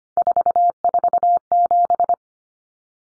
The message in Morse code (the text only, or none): 447